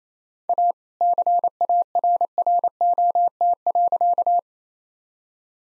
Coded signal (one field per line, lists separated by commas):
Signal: Morse code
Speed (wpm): 28 wpm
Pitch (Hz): 700 Hz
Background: none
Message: A CARROT.